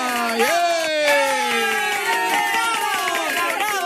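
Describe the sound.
An audience at a Radio Felicidad special in Peru applauds a singer taking the stage, steadily while voices cheer and whoop over the clapping, a dense, continuous burst of crowd noise lasting a few seconds.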